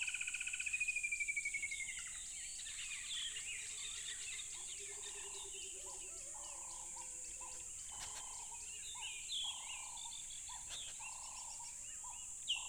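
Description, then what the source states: Crickets making a continuous, very high, steady trilling chorus, mixed with assorted whistles, warbling tones and pulsed chirps. Crickets along a tropical river.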